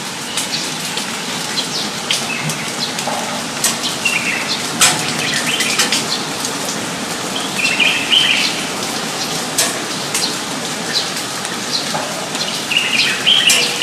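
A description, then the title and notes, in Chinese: Birds call through steady rain, the patter forming a dense, even hiss with sharp drop hits scattered throughout. Short bright chirps and trills come and go, clearer around eight and thirteen seconds, over the constant wash. 雨中鸟。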